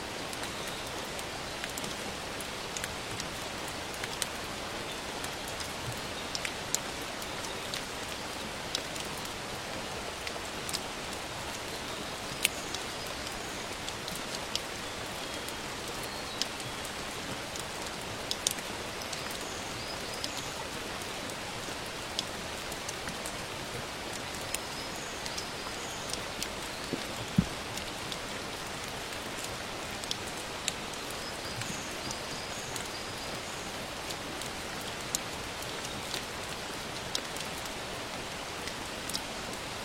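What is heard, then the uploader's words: Gentle rain falls in a garden, a steady, dense hiss of fine drops with scattered sharper taps on leaves and surfaces every second or so. The level stays even throughout, with a faint low rumble in the background. Strolling in the most beautiful garden in the world in the gentle rain.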